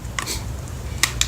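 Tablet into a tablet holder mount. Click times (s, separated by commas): 0.2 s, 1.0 s, 1.2 s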